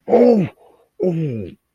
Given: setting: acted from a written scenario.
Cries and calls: vocal sound without words; negative surprise

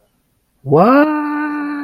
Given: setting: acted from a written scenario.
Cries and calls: vocal sound without words; positive surprise

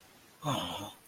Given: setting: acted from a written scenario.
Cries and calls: vocal sound without words; sympathy

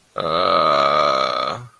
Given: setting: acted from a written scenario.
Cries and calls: vocal sound without words; ecstasy

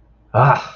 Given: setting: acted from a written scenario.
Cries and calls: vocal sound without words; realization

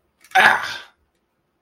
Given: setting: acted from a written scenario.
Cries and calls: vocal sound without words; pain

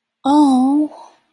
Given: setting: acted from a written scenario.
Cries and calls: vocal sound without words; sympathy

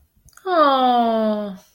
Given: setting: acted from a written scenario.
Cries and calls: vocal sound without words; adoration

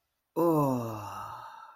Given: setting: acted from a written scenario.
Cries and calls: vocal sound without words; ecstasy

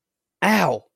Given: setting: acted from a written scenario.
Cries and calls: vocal sound without words; pain

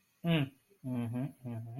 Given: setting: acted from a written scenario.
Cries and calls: vocal sound without words; neutral

